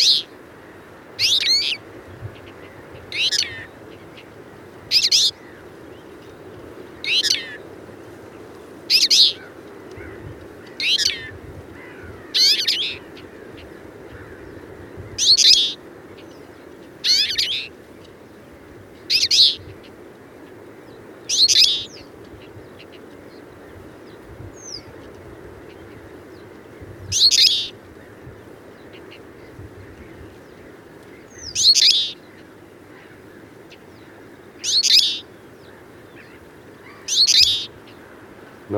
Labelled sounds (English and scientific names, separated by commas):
Twite (Carduelis flavirostris) song